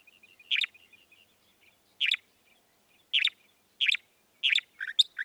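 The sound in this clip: Northern mockingbird: loud harsh chips at uneven intervals over soft faint twittering, ending with a few different sharp notes.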